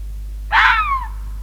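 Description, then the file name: Red fox giving a single harsh, screaming call that starts abruptly and slides downward before fading, over a faint low hum. "Rode vos - Sound Cloud - Beeld en Geluid"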